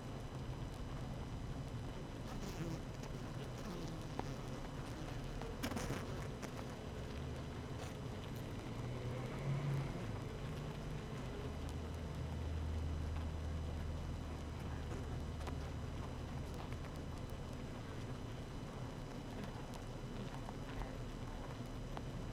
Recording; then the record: honeybee colony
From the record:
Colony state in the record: active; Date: 12 June 2018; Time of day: 7:08